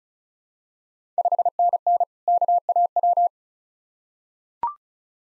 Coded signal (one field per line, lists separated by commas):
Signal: Morse code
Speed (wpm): 36 wpm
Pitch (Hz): 700 Hz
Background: none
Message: 5NN KAW